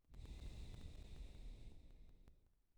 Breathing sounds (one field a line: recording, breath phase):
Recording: one breath near a microphone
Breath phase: exhalation